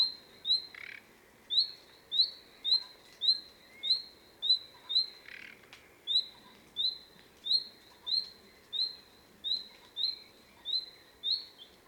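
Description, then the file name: Common nightingale giving many short, rising whistled calls, repeated well under a second apart. "Luscinia megarhynchos"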